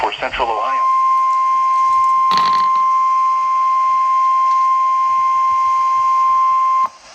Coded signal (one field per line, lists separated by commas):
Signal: Emergency Alert System (SAME) tones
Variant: 1050 Hz attention tone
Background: speech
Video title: EAS alerts in eastern time part 3